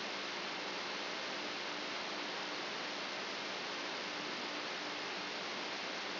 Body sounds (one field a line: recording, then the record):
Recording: brain microelectrode recording played as sound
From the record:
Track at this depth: inside the subthalamic nucleus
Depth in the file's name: 2.634 mm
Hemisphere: left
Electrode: 3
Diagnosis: Parkinson's disease